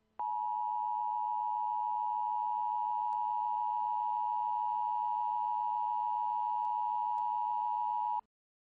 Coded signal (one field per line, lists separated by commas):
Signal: Emergency Alert System (SAME) tones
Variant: 853 and 960 Hz attention tone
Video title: EAS Scenario: Hurricane Caroline